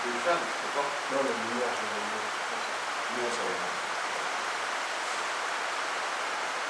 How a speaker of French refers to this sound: Et ceci, bon, ça va faire trop de bruit après. Parce qu'on est juste en dessous. Déjà, il y a la pluie.